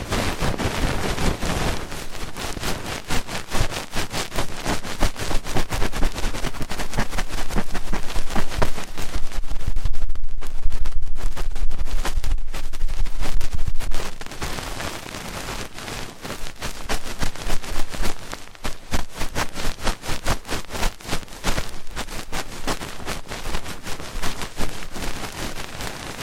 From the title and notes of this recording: ASMR Fast & Intense Ear Cleaning 3Dio (No Talking).